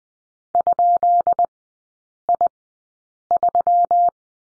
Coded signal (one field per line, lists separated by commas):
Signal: Morse code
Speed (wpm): 20 wpm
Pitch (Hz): 700 Hz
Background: none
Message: ?I3